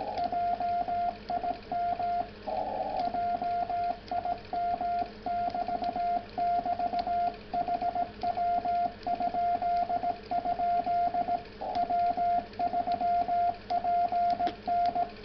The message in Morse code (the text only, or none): JIM JIM <BT> <BT> HW?? W3PN